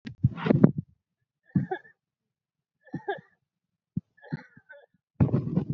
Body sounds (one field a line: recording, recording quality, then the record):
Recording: heavy voluntary cough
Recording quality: excellent, no background noise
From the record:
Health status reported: COVID-19 positive, mild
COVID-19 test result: positive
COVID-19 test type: RT-PCR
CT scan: not taken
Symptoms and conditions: cough, cold, muscle pain, loss of smell and taste, another condition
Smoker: no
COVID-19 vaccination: none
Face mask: not worn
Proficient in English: yes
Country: India